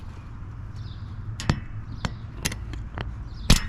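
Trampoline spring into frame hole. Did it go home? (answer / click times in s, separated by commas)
no / none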